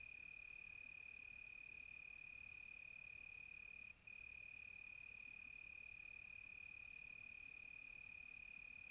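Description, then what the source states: Cricket: a steady high-pitched trill runs nearly unbroken, with one brief dip midway, over a shimmering higher insect layer. Crickets calling close by on a quiet tropical night.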